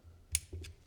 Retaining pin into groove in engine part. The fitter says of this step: that. There was a click.